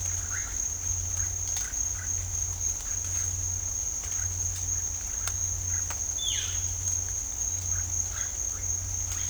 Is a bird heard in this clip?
yes